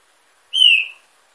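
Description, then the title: Green-winged saltator uttering one clear, slightly descending whistle of about half a second, with quiet before and after. Female singing while warming up, kept in an aviary. "fêmea de Trinca-ferro esquentando no viveiro"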